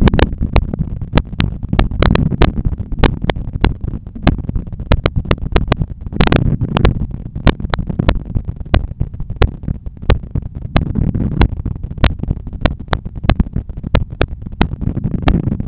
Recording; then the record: heart sounds by stethoscope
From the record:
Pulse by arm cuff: 92 bpm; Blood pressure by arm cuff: 132/84 mmHg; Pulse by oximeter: 94 bpm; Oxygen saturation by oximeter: 97%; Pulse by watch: 95 bpm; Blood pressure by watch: 128/84 mmHg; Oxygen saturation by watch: 97%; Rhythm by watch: sinus rhythm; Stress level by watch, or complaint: low stress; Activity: after 5 min smoking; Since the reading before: plus 500 steps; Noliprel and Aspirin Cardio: after pills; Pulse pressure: 48 mmHg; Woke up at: 7:20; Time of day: 13:49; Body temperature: 35 C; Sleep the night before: 8 h 11 min, score 61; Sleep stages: REM 22%, light 68%, deep 3%, awake 7%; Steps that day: 9500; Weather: sunny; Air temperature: 27.2 C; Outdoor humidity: 51%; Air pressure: 1015 hPa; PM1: 9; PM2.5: 12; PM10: 16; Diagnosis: hypertension, treated with Noliprel and Aspirin Cardio 100 mg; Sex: male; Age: 53 years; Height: 174 cm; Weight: 81 kg